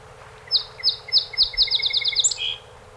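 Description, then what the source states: Song sparrow song opening with four evenly spaced sharp notes that speed into a rapid trill, closing on a buzzy flourish. One of 48 songs recorded on 7 June 2018.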